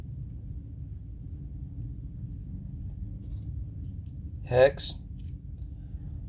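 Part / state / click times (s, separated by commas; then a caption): RC car axle, washer and drive pin into hex drive cup / not seated / none. A washer and drive pin are placed on the second axle of an RC car, and its hex is lined up with the hex drive cup before pushing it up to click it in. The parts are handled over a steady low rumble, and someone talks briefly near 4.6 s. Nothing has seated or clicked yet.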